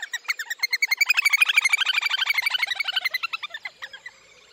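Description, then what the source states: Little Grebes trilling together, a shrill rapid series of notes that swells in the middle and then fades and slows. Synchronous duet between a pair.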